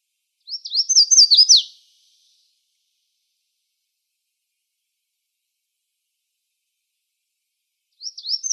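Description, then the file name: Red-faced warbler song: a high, sweet phrase of quick slurred notes ending in sharp downslurs, lasting over a second; another phrase begins about six seconds after the first ends. Recorded in Arizona on 2 May 2004. "RFWA 4 deviche"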